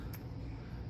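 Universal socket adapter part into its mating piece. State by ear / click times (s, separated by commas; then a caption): seated / 0.1 s. A Geinxurn universal socket adapter part for a drill is fitted by hand into its mating piece over a steady low hum. A single short, bright click at 0.1 s marks the part locking into place.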